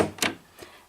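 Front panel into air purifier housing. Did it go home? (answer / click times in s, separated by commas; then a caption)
yes / 0.2 s. The plastic front panel of a Honeywell True HEPA Allergen Remover HPA100WE air purifier is refitted to the housing with its lugs aligned at the bottom and pushed until it clicks into place at 0.2 s. A sharp click is heard, followed by a fainter knock near 0.6 s. The panel is seated and the purifier is ready for use.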